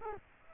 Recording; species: mosquito wingbeat signal from an infrared sensor; Culex quinquefasciatus